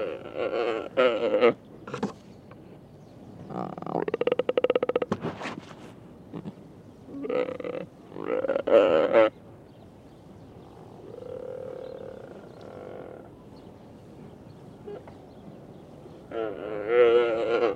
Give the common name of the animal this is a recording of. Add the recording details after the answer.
Mule Deer. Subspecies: hemionus. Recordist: Tembrock, Günter